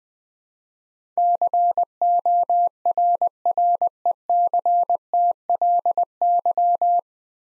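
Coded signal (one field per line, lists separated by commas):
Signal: Morse code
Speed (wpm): 21 wpm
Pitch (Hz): 700 Hz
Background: none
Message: CORRECTLY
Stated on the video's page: Morse practice drill at 20wpm of nine-letter words for head-copy, each word sent twice.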